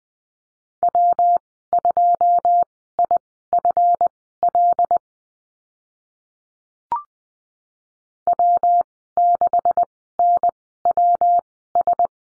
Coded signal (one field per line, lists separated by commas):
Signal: Morse code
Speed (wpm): 20 wpm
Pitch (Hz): 700 Hz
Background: none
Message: W2IFL W6NWS